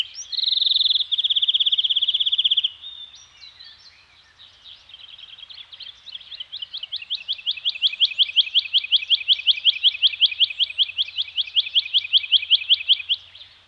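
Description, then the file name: Birds with a loud, dense buzzing trill for about two seconds, a quieter pause, then a long run of rapid repeated notes rising in volume. Birds singing in a Scandinavian forest. "Nature Soundscape - Scandinavian Forest Environment with Birds Singing"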